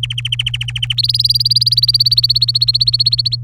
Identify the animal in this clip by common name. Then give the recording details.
Domestic Canary. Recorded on 23 April 2018 at 17:25. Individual llb3